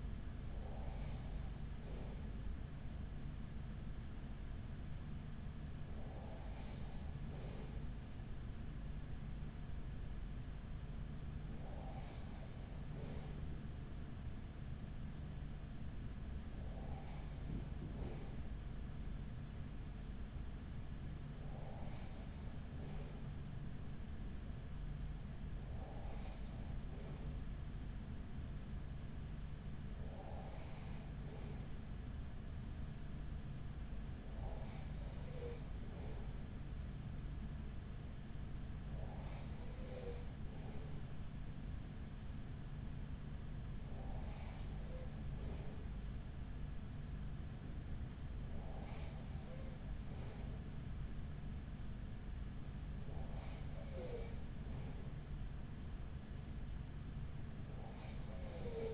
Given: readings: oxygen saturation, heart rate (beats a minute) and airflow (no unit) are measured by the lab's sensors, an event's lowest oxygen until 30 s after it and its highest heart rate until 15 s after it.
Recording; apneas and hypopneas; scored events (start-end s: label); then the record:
breathing in sleep by a smartphone at the bedside; none
none scored
From the record:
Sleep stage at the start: N2 (light sleep); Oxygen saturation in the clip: 94%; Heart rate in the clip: 41 to 45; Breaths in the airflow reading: 12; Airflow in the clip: -5.5 to 4.3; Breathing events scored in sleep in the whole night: 207 in 7.6 hours asleep